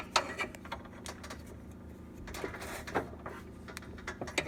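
During a 2005 BMW E46 M3 SMG-to-ZF 5-speed manual conversion, a shift lever assembly is pushed toward a plastic shift bushing and metal shift bracket, producing handling knocks at about 0.2, 3.8, 4.4 and 4.5 seconds over a low steady hum. The lever does not go in because the bushing needs lubricating first, so nothing has seated or clicked yet.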